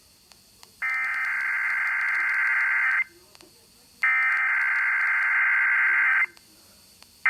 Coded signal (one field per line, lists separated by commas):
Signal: Emergency Alert System (SAME) tones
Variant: header bursts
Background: speech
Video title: WETA August 2021 week 1 RWT(EAS 1,784-1,785)